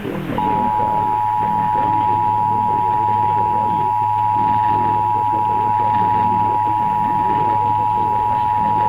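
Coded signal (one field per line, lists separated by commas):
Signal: Emergency Alert System (SAME) tones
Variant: 853 and 960 Hz attention tone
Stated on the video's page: Required Monthly Test alert tones relayed by Chicago AM broadcast stations WGN 720, WMVP 1000, WBBM 780 and WSCR 670.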